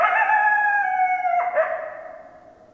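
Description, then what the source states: Coyote howl already under way, with a sharp pitch break midway before the tone slides lower and fades. Coyotes, recorded on 10 December 2012.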